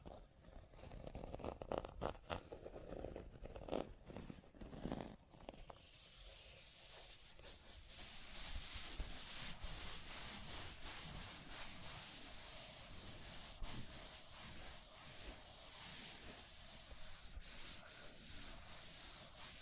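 Scratching and tracing: for the first five seconds, short uneven strokes rasp in separate bursts with a duller, lower tone. Then the scratching becomes a steady, dense, bright scrape, rubbing on continuously with slight swells and faint repeated strokes until the end.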